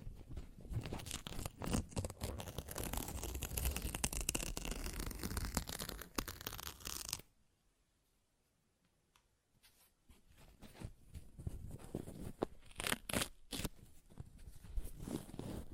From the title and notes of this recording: ASMR Paper Ripping Tearing Sounds (No Talking).